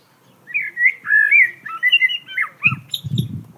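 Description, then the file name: Common blackbird singing a continuous mellow warble of fluted notes, then squeaky high twitters near the end, with a brief low rumbling noise underneath. "Turdus merula"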